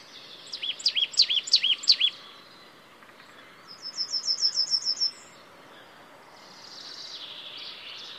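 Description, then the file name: Marsh tit calls: a string of sharp, high, bouncing notes, then a fast chattering run of about eight notes, followed by a soft, hissy rustle. "Poecile palustris"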